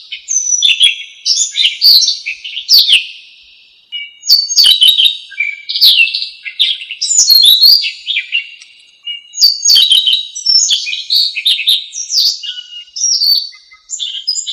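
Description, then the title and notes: Bird song, a long run of bright warbling phrases with sliding whistles and quick twitters, repeated with short gaps between phrases. Bird described as having a melodious voice. "Burung Dengan Suara Merdu"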